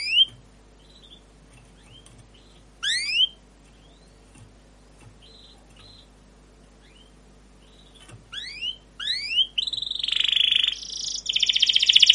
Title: PANCINGAN Kenari GACOR PANJANG Cuit CUIT EMOSI utk MASTERAN Kenari PAUD belajar BUNYI